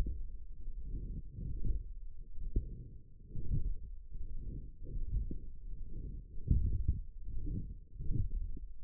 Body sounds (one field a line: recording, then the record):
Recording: forearm muscle sounds (acoustic myography)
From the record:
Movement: wrist extension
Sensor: system 1, eight BSWA MPA416 microphones around the upper forearm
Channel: 7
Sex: female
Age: 20 years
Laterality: right